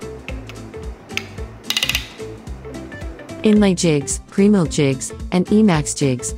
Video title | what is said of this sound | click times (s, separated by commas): Jig fastening method | then use a torque driver to screw the bolt of The Jig holder until it makes a click sound | 1.7 s, 1.8 s, 1.9 s